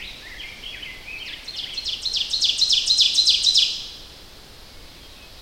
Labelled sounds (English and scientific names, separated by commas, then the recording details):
Ovenbird (Seiurus aurocapilla) song
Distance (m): 15 m
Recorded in boreal forest in Alberta, Canada, on 10 June 2016 at 07:43
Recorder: SongMeter 3, array SBT-3-39
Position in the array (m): 325 m, 145 m
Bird 19